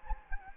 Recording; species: mosquito wingbeat signal from an infrared sensor; Anopheles gambiae